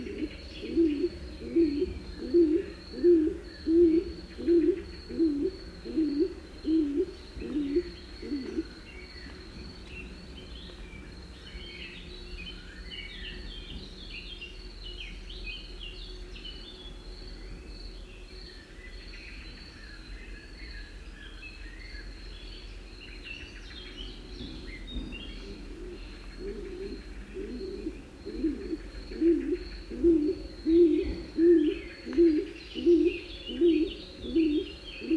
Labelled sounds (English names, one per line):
Stock Dove call